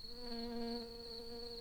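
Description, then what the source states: Early bumblebee buzzing in a steady, even drone with a clear tone that holds throughout, swelling slightly in the middle. Workers.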